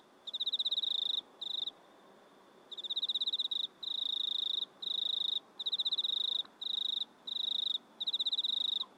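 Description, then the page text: Cricket chirping, high pulsed trills in bursts of varying length, separated by irregular pauses, over a soft steady background hiss. Crickets at night in a country town in Australia. "INSECTS CRICKETS AUSTRALIAN NIGHT. Sounds recorded at night in a country town"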